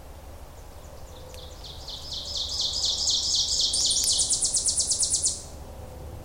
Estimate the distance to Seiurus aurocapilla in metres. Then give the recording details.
about 20 m. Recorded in boreal forest in Alberta, Canada, on 26 May 2016 at 08:14. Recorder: SongMeter 3, array SBT-3-15. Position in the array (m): 54 m, 223 m. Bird 20